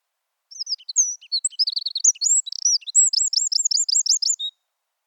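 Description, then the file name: Eurasian wren song: high, rapid twittering notes building into a fast, even trill of repeated notes, about four seconds long, ending on a short lower note. "Troglodytes troglodytes"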